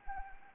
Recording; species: mosquito wingbeat signal from an infrared sensor; Anopheles arabiensis